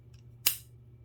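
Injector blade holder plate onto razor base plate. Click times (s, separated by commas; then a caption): 0.5 s. An injector blade holder plate with two clips on the bottom is slid onto the razor base plate and clicks into place at 0.5 s with a sharp, bright snap, after a faint tick at 0.1 s. The holder is seated and sits flush, clicking on both sides.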